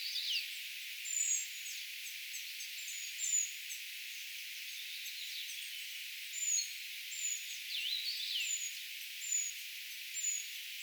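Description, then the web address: Eurasian treecreeper calls: high, thin notes, scattered at first, then a steady series, with brief lower chirps from another bird. Brood of young calling, recorded 4 June 2025, identification tentative. "paivat 4 6 2025 tietaakseni puukiipijapesueen aantelya"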